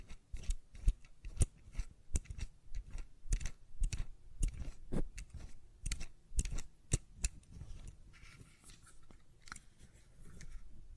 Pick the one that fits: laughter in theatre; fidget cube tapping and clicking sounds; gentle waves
fidget cube tapping and clicking sounds